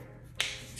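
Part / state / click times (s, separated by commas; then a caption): edge clips of a phone case front frame into the back shell / seated / 0.4 s. The edge clips of a RedPepper iPhone 12 Pro full body case's plastic front frame are pressed around the edges so they snap into the back shell. A sharp snap is heard at 0.4 s, followed by a softer tap near 0.8 s. The clips seat into place.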